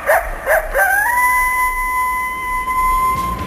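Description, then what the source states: Coyote yips and howl: three short yelping barks, then a long, steady howl held for more than two seconds. Howl compared with the wolf's; described as higher-pitched, carrying farther and sounding scarier.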